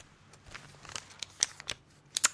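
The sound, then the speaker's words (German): Someone scribbles with a dead ballpoint pen, trying to write down a telephone extension number: a series of dry, scratchy strokes in uneven bursts, getting sharper toward the end, over a faint low hum. “Mein Stift funktioniert nicht.”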